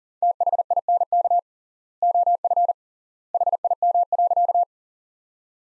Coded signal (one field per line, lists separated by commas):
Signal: Morse code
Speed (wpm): 40 wpm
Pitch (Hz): 700 Hz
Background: none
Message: THINK OF HIM.